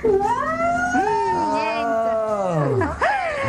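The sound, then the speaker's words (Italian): A hungry cat yowls loudly in a long, drawn-out caterwaul, its pitch bending up and down, dipping low near the end before rising again. No other sounds compete. “Ma date da mangiare a questo gatto ogni tanto?”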